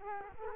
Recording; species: mosquito wingbeat signal from an infrared sensor; Culex quinquefasciatus